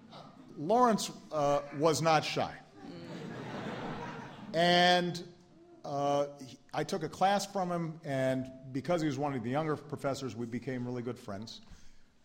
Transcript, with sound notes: Lawrence was not shy. (Laughter.) And I took a class from him, and because he was one of the young professors, we became really good friends.